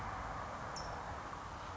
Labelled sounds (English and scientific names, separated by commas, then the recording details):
California Towhee (Melozone crissalis)
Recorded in Sonoma County, California